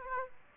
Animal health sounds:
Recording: mosquito wingbeat signal from an infrared sensor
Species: Aedes aegypti

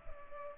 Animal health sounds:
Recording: mosquito wingbeat signal from an infrared sensor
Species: Culex pipiens

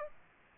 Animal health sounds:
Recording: mosquito wingbeat signal from an infrared sensor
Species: Aedes aegypti

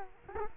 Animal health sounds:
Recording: mosquito wingbeat signal from an infrared sensor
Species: Culex quinquefasciatus

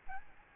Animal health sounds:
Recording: mosquito wingbeat signal from an infrared sensor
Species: Aedes albopictus

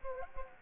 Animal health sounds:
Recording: mosquito wingbeat signal from an infrared sensor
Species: Anopheles gambiae

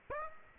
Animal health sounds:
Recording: mosquito wingbeat signal from an infrared sensor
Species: Aedes aegypti

